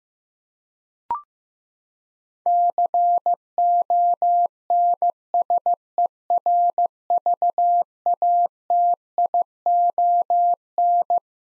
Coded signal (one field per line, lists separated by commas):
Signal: Morse code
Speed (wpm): 15 wpm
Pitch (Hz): 700 Hz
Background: none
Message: CONSERVATION